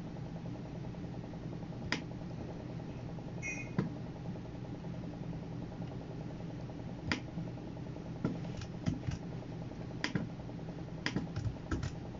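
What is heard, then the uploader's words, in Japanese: Computer work: a steady low hum, like a fan, runs throughout while sharp keyboard or mouse clicks land irregularly, sparse early on and more frequent after seven seconds. A brief high beep sounds near three and a half seconds. パソコン作業中の音です。Eluに画像を出品する → メール送信など他のことを行う → eluに画像を出品する の順で行っています。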